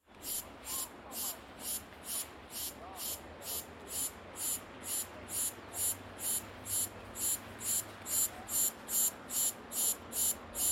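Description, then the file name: Cicada song: a long run of regular rasping buzz pulses, roughly two or three each second. In a park. "cikada kak v parke"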